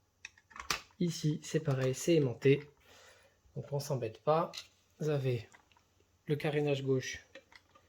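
Someone talks while the left plastic fairing of a Tamashii Nations Kaneda collectible model motorcycle is handled and brought up to the bike body. Short, sharp plastic ticks are heard around 0.3–0.7 s and faint ones again near 7.6–7.9 s. The fairing has not clipped on yet.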